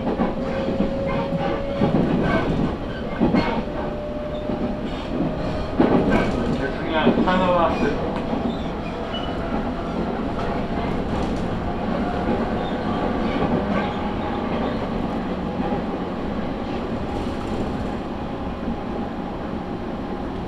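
A train on the Tokaido Main Line, heard while waiting on the platform and boarding. A steady low rumble runs throughout, with clattering bursts near two, three and six seconds and a wavering squeal around seven seconds, then a smoother, even hum with faint whining tones.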